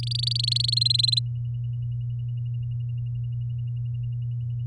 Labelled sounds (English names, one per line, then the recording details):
Domestic Canary song
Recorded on 8 May 2018 at 10:40
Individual llb16